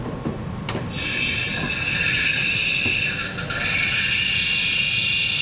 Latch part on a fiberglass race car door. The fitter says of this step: so and just like that it snaps into place